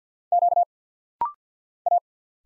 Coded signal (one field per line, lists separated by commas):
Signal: Morse code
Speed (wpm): 46 wpm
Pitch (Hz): 700 Hz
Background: none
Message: Q A